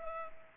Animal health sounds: mosquito wingbeat signal from an infrared sensor; Culex pipiens

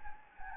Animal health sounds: mosquito wingbeat signal from an infrared sensor; Anopheles gambiae

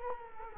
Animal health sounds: mosquito wingbeat signal from an infrared sensor; Culex quinquefasciatus

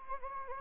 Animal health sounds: mosquito wingbeat signal from an infrared sensor; Anopheles gambiae

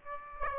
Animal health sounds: mosquito wingbeat signal from an infrared sensor; Aedes aegypti

